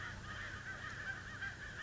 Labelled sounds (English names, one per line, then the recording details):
American Crow
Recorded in Sonoma County, California